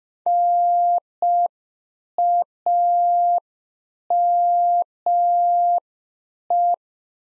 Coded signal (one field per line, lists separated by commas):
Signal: Morse code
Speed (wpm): 5 wpm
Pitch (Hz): 700 Hz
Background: none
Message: NAME